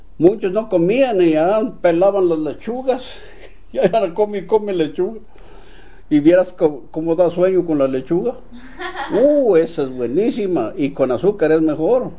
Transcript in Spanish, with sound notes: Muchos no comían y allá onde pelaban las lechugas, ya andaban (risas) come y come lechuga. Y vieras cómo da sueño con la lechuga. (risas) ¡Uh! Ésa es buenísima y con azúcar, es mejor.